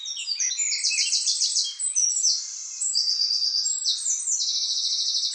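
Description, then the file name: Eurasian wren song: a fast, loud run of high buzzy trills and sharp notes, chaining with barely a pause throughout, each trill a rapid rattle of tiny repeated notes. "Troglodytes troglodytes"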